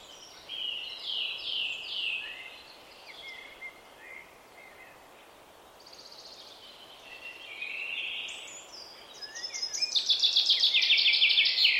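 Common chaffinch song: a run of high, quickly descending notes at the start, scattered thin chirps in the middle, then a loud rapid trill building toward the end.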